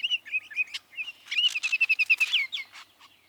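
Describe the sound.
Baltimore oriole song: a few rich whistled notes, then a faster string of repeated slurred whistles.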